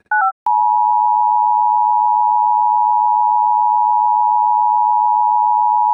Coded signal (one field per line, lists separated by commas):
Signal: Emergency Alert System (SAME) tones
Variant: 853 and 960 Hz attention tone